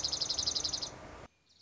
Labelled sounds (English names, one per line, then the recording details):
Dark-eyed Junco
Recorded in Sonoma County, California